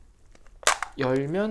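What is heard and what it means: After the film is rewound into the magazine, both side latches on the plastic body of a Lomokino 35mm film movie camera are pressed equally and the rear cover is pulled open. A sharp, loud snap at 0.7 s marks the latch releasing and the back popping open. Someone then talks briefly.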